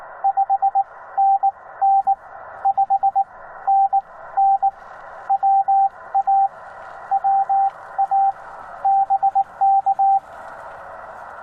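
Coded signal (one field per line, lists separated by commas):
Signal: Morse code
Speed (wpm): 18 wpm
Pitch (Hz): 780 Hz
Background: radio noise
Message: 5NN 5NN WA WA BK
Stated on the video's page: Parks on the Air CW activation, Yaesu FT-891 at 25 watts, straight key, 17-foot Chameleon whip on a mag-mount; unedited raw recording.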